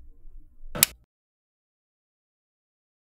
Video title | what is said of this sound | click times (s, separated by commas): HP Laserjet 4350 Series - Replacing the pickup roller and separation pad Step 4 | push down on the new paper separation pad until you hear it click into position | 0.8 s